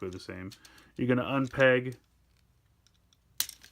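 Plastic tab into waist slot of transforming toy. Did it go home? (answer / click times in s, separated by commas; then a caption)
yes / 3.4 s. Someone talks, then after a short quiet with faint ticks, a sharp click sounds at 3.4 s as a plastic tab on a Tomica Hyper Rescue Drive Head 03 Mark II White Crystal Hope transforming toy is pushed into its slot at the waist. The tab seats fully in the slot.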